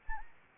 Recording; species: mosquito wingbeat signal from an infrared sensor; Anopheles arabiensis